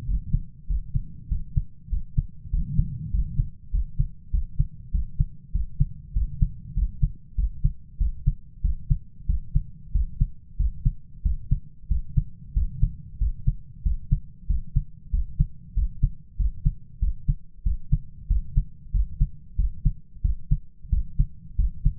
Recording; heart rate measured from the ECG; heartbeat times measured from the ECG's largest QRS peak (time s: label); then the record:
heart sounds by stethoscope; 95 bpm
0.09 s: heartbeat
0.70 s: heartbeat
1.31 s: heartbeat
1.92 s: heartbeat
2.53 s: heartbeat
3.13 s: heartbeat
3.73 s: heartbeat
4.33 s: heartbeat
4.94 s: heartbeat
5.55 s: heartbeat
6.16 s: heartbeat
6.77 s: heartbeat
7.38 s: heartbeat
8.00 s: heartbeat
8.64 s: heartbeat
9.29 s: heartbeat
9.95 s: heartbeat
10.60 s: heartbeat
11.25 s: heartbeat
11.91 s: heartbeat
12.56 s: heartbeat
13.21 s: heartbeat
13.85 s: heartbeat
14.50 s: heartbeat
15.13 s: heartbeat
15.77 s: heartbeat
16.39 s: heartbeat
17.02 s: heartbeat
17.66 s: heartbeat
18.30 s: heartbeat
18.94 s: heartbeat
19.59 s: heartbeat
20.24 s: heartbeat
20.92 s: heartbeat
21.59 s: heartbeat
From the record:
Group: healthy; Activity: rest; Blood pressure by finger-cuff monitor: 139/76 mmHg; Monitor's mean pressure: 94 mmHg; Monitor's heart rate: 95 bpm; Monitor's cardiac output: 7.8 L/min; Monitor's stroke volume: 83 mL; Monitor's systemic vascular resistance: 880 dyn s/cm5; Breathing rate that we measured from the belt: 19 breaths a minute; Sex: male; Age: 21 years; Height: 175 cm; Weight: 72.6 kg